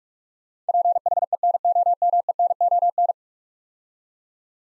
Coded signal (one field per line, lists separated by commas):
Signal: Morse code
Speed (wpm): 46 wpm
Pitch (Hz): 700 Hz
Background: none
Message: PHENOMENON